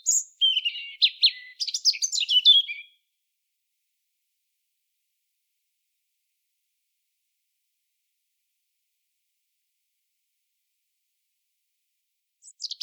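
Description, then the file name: European robin song burst of high tinkling, jumbled notes for about three seconds, then long silence and a faint final fragment. "Erithacus rubecula"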